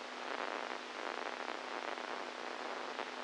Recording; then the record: brain microelectrode recording played as sound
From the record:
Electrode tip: inside the subthalamic nucleus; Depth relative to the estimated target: 0 mm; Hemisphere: right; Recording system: NeuroSet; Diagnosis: Parkinson's disease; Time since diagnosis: 10 years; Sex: male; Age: 65 years